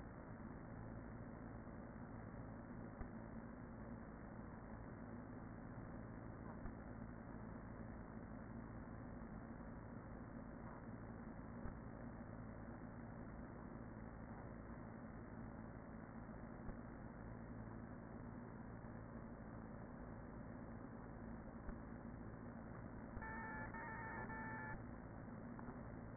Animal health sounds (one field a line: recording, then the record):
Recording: honeybee colony, microphone inside the hive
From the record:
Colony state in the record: queen present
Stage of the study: after two queens were removed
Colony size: about 40,000 bees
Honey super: no